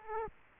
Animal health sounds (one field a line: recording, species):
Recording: mosquito wingbeat signal from an infrared sensor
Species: Aedes aegypti